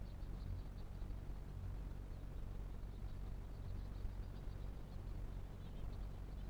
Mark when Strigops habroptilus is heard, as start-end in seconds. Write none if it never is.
0.37-0.69, 1.49-1.88